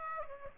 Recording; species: mosquito wingbeat signal from an infrared sensor; Aedes aegypti